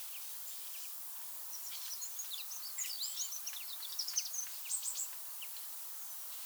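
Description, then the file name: Eurasian wren, a faint cluster of rapid high, thin notes over a few seconds against a steady hiss. "Troglodytes troglodytes"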